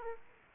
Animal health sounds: mosquito wingbeat signal from an infrared sensor; Aedes aegypti

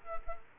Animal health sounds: mosquito wingbeat signal from an infrared sensor; Culex quinquefasciatus

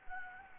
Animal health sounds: mosquito wingbeat signal from an infrared sensor; Anopheles gambiae

